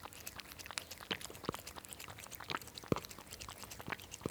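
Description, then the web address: Cat lapping milk: soft wet clicks and smacks repeating irregularly, under a faint background hiss. Cat drinking milk. "BBC Sound Effects Library. Cat Drinking Milk"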